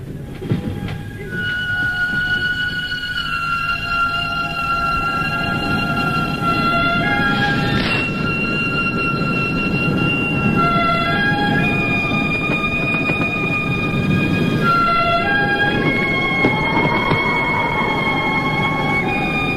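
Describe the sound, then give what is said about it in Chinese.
A train in winter, carrying two police detectives escorting a man, rolls along the rails with a steady, continuous low rumble, while sustained high tones hold and shift above it throughout; no one speaks. “接着是冬天，两个刑警压着耕作坐上火车。”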